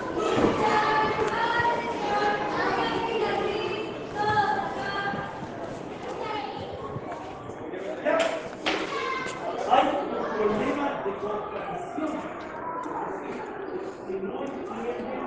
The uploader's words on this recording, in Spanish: Salas - paisaje sonoro en la escuela.